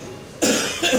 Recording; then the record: coughing mixed with background sound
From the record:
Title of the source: Spring Cold Coughing.